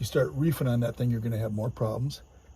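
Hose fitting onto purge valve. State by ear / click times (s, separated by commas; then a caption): not seated / none. A plastic hose fitting is handled at the purge valve of a Jeep Cherokee Trailhawk while someone talks throughout. The fitting has not seated or clicked onto the valve yet.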